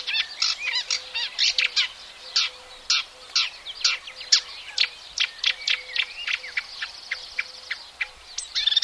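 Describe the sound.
Marsh warbler delivering a lively, varied song of chattering notes, buzzes and whistles, nearly continuous, with a faint low tone in the background.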